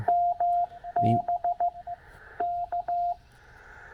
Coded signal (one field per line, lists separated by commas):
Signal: Morse code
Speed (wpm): 15 wpm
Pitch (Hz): 700 Hz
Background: radio noise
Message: MB K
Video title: Stewart Forest State Park, K-5502. CW on the 21st of May 2023